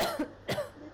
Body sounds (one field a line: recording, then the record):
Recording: coughing mixed with background sound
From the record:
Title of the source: Coughing Woman Sound - Woman Cough Sound Effect